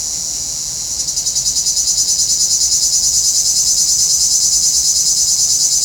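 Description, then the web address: Cicada song: a sharp, high buzz that builds from a smooth hiss into a steadily throbbing drone, roughly three pulses each second. "Nature Sounds – Nature Chill Out 2014. Sounds from a Rnewood Cicadas"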